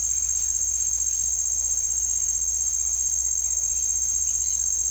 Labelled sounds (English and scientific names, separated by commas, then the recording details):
none
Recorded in pastures near Puerto Asís, Putumayo, Colombia, on 9 March 2025 at 17:30
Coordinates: 0.497, -76.327
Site G072